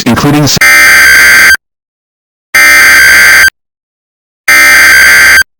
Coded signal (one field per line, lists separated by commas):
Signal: Emergency Alert System (SAME) tones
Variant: header bursts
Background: speech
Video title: EAS Mock #3: (Rare Toned) Special Weather Statement For High Winds